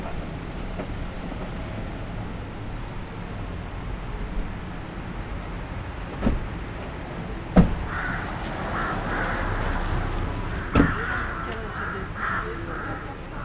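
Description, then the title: Rook calls: a run of harsh, grating caws in the second half, with scattered sharp knocks and a constant low hum of town traffic. Rooks nesting in the plane trees of a town square in Chambéry, France; urban setting. "27 Rue du Verger, Chambéry, France - Freux dans la ville"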